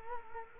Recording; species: mosquito wingbeat signal from an infrared sensor; Culex quinquefasciatus